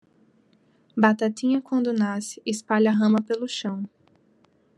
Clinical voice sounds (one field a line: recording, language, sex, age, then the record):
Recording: short text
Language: Brazilian Portuguese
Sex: female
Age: 20 to 29 years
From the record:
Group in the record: control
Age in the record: 24 years